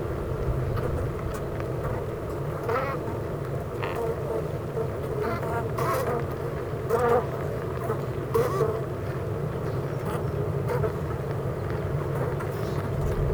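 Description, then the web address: Honey bees buzzing, a steady massed hum with occasional soft crackles. Honey bee hive at Clara Vale, Gateshead, UK. "impossible-music Honey Bee Hive-Clara Vale,Gateshead,UK"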